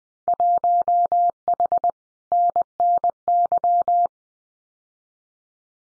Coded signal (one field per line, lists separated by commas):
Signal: Morse code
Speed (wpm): 20 wpm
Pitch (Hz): 700 Hz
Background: none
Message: 1H NNY